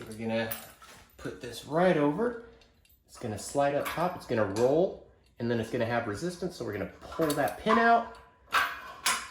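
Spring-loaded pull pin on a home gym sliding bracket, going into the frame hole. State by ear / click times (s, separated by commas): seated / 9.1 s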